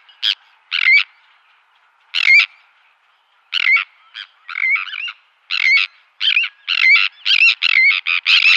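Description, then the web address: Sandwich tern call: harsh, rasping two-part 'kirr-ick' notes, given singly or in quick pairs at irregular intervals with short pauses between. "Schulze Peter Sandwich Tern"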